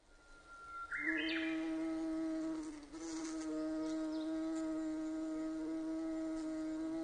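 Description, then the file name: Bombus ardens buzz, a steady low droning hum with strong harmonics lasting several seconds, briefly dipping midway; a short steady tone that jumps upward is heard just before it begins. Recorded on 7 May 2005. "050507 komaruhanabati"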